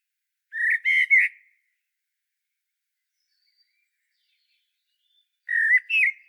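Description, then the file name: Common blackbird giving two short fluted phrases, mellow whistles ending in a higher twitter, separated by about four seconds of silence. "Turdus merula"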